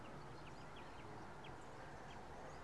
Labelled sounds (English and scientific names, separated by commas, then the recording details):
Common Chaffinch (Fringilla coelebs)
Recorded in Germany
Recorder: ecoPi